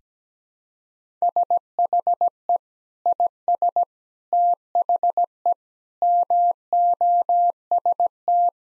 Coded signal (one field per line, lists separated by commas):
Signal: Morse code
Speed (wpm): 17 wpm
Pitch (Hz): 700 Hz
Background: none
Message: SHE IS THE MOST